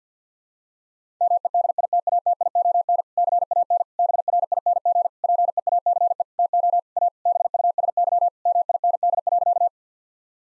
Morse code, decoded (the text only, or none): MEDITATION CAN BRING PEACE TO A BUSY MIND.